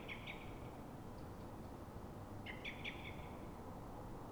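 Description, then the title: Common blackbird alarm call: two brief clusters of sharp, clicking notes a couple of seconds apart over a low, even background hum. Dawn, Fuenlabrada, Madrid, Spain; same bird recorded twenty minutes after calling, now frightened or threatened, probably by a second blackbird heard far off early on; Zoom H1n recorder. "Pl. de Francisco Escolar, 10, 28944 Fuenlabrada, Madrid, España - Mirlo asustado"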